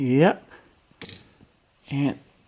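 Someone talks while handling a new windshield wiper blade as it is being pushed onto the plastic adapter on the metal wiper arm. A short, sharp handling noise comes at about 1.0 s between the bursts of talk. The blade has not snapped into place yet; nothing has seated or clicked.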